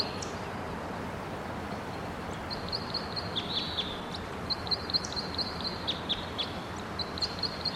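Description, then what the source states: White-winged Crossbill singing rapid high repeated chips in groups, some notes sliding downward, with steady background rumble and hiss. Red male perched in the top of a tall tree, singing.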